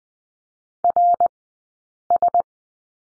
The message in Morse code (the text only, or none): RS